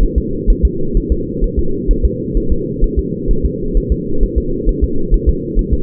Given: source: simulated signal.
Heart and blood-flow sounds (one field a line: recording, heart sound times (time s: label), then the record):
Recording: fetal heart sounds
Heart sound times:
0.03 s: S1
0.18 s: S2
0.50 s: S1
0.65 s: S2
0.97 s: S1
1.12 s: S2
1.44 s: S1
1.59 s: S2
1.91 s: S1
2.05 s: S2
2.37 s: S1
2.52 s: S2
2.84 s: S1
2.99 s: S2
3.31 s: S1
3.45 s: S2
3.77 s: S1
3.92 s: S2
4.24 s: S1
4.38 s: S2
4.69 s: S1
4.84 s: S2
5.14 s: S1
5.29 s: S2
5.59 s: S1
5.74 s: S2
From the record:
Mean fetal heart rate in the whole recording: 130 bpm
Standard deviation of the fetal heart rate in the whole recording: 2 bpm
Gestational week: 38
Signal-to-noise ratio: -8.1 dB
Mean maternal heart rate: 72 bpm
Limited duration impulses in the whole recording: absent